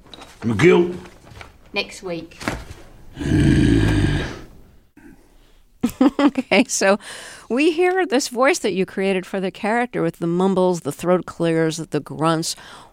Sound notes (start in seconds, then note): 3.1 grunting; 5.8 laughter